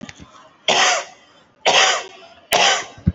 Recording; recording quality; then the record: heavy voluntary cough; excellent, no background noise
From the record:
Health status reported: respiratory illness, not identified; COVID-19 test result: negative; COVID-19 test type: RT-PCR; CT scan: taken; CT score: 0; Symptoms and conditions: cold, breathing difficulty, fatigue, muscle pain, chronic lung disease, another respiratory illness, hypertension, another condition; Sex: male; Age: 32 years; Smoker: no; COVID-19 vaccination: one dose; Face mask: worn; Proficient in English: yes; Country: India